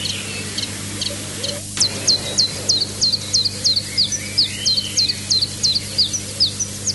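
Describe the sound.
Iberian chiffchaff song: a steady series of high, thin notes, about three per second, over a constant low hum.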